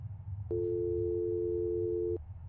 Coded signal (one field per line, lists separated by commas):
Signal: telephone call progress tone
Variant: North America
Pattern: dial tone